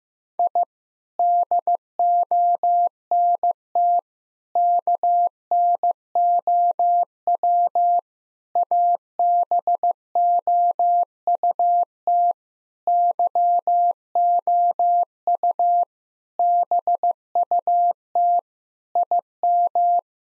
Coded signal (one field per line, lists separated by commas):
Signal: Morse code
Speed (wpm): 15 wpm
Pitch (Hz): 700 Hz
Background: none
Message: I DONT KNOW ABOUT YOU BUT IM